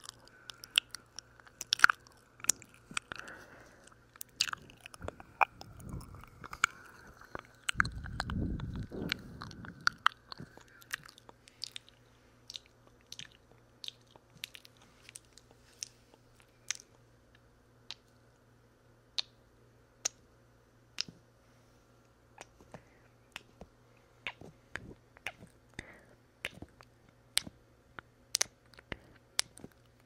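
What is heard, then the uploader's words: Wet mouth sounds with sharp clicks and smacks scattered throughout, denser and busier in the first ten seconds. There, a steady mid-pitched tone and a few low thumps sit underneath. Afterward, sparse smacks and pops come every second or so over a faint low hum. My wet mouth sounds + kissing sounds. No talking. Wet Mouth and Kissing Sounds.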